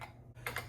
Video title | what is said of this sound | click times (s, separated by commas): Unboxing + Review: What Makes the Spacekey Espresso Machine with Grinder Stand Out X8841 | Slide it right here in place, locks into place, and we'll want to push this button once, | 0.5 s, 0.6 s